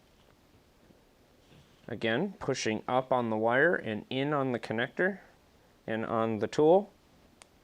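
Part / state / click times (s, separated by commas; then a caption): female ATX crimp pin in a plastic connector housing / released / 7.4 s. Someone talks while the sides of an Alphacool Molex extractor tool run along a female ATX crimp pin in a plastic connector housing, with the wire pushed up and in on the connector. At 7.4 s a short, sharp snap is heard as the pin's latch releases and the pin comes free of the housing, and the cable is then pulled out.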